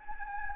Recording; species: mosquito wingbeat signal from an infrared sensor; Anopheles gambiae